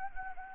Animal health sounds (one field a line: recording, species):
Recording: mosquito wingbeat signal from an infrared sensor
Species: Anopheles gambiae